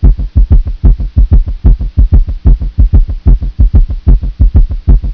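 Regular low thuds near 74 a minute, with an extra soft sound after the second: a third heart sound.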